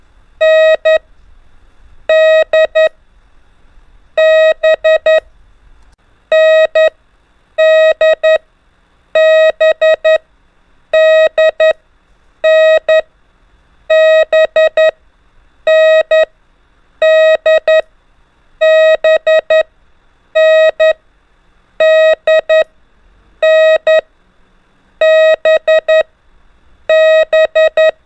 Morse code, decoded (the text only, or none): N D B N D B D N B N D B N D N B B